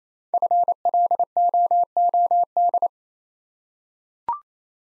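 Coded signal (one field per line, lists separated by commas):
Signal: Morse code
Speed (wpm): 28 wpm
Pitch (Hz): 700 Hz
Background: none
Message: FLOOD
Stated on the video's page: Morse practice at 28 wpm: five-letter words, first letters spoken, each word sent twice for head-copy training.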